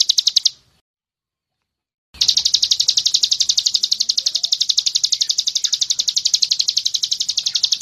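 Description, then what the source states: Bird's rapid high pulsed trill, briefly heard, then broken by about one and a half seconds of silence before resuming steadily to the end. Masteran recording, meaning a training recording used to tutor songbirds.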